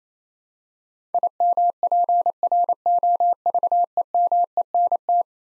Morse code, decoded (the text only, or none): IMPROVEMENT